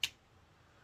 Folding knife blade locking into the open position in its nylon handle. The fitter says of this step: the lock and then it locks into place thumb studs work just fine